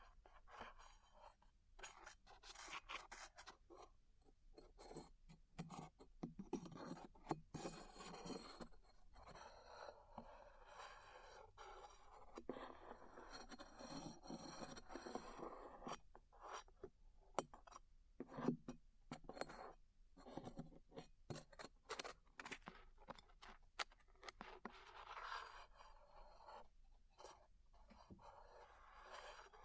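Glue being peeled, heard as continuous sticky crackling and tearing with many sharp clicks and pops packed closely together. Bursts of ripping swell and ease irregularly throughout the thirty seconds, with brief quieter gaps between pulls and a faint low rumble underneath.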